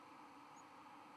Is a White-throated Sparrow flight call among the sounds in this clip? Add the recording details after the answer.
no. Another species' flight call is heard. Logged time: 23:40 on 11 November 2014